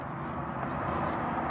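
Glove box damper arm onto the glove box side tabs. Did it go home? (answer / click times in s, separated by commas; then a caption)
no / none. A glove box damper arm on a 2008–2013 Toyota Highlander is being handled, pulled down and slid toward its mounting tabs on the side of the glove box during a cabin air filter replacement. A steady, broadband rumbling background fills the clip, with brief soft hissy rustles near 0.6 and 1.1 seconds. Nothing has seated or clicked yet.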